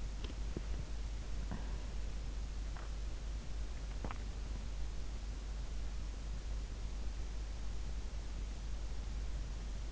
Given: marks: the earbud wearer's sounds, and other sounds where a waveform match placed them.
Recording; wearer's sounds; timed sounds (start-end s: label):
sounds in sleep by an in-ear microphone; swallowing
0.00-4.14 s: swallowing